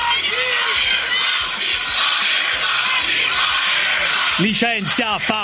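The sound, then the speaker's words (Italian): A loud rally crowd roars continuously, then near the end many voices break into a rhythmic chant to fire Fauci, shouting repeated syllables in unison over the din. “Licenzia Fauci con la folla intorno.”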